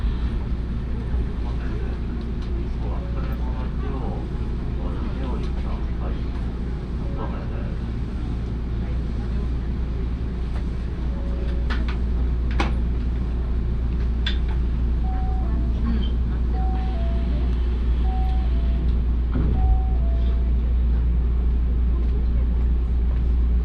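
A train ride on the way to Osaka Airport, with a steady deep rumble running throughout. Voices murmur faintly in the first half, sharp clicks punctuate around the middle, and from about 15 seconds a series of short, level beeping tones repeats.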